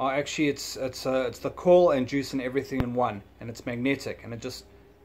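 Someone talks while handling an all-in-one magnetic vape pod, holding coil and juice together, that goes into a vape battery body starting at the top. A brief sharp tick is heard near 2.8 s amid the talk. Nothing has seated or clicked into place yet by the end of the clip.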